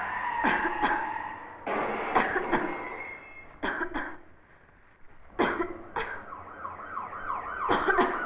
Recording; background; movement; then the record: voluntary coughing; traffic; sitting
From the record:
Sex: female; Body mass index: 18.3 kg/m2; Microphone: on the chest, facing the body